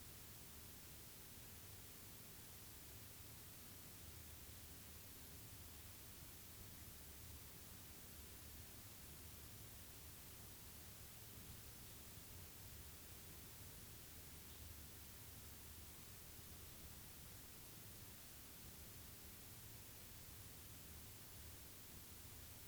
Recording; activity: daily activity, guitar pickup as the sensor; sit